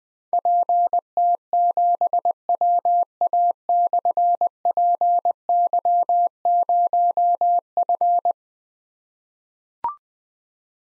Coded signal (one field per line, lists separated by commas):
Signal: Morse code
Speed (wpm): 20 wpm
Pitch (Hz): 700 Hz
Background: none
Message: PT7WA/PY0F